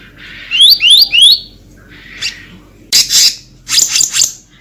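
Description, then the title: Selendang biru: bird song: loud rising whistled notes in quick succession, a brief pause, then bursts of high harsh chattering. Used as a trapping lure (pikat); title calls it gacor (calling persistently) with 'ngeroll' rolling song and 'isian'. "BURUNG SELENDANG BIRU GACOR NGEROLL ISIAN"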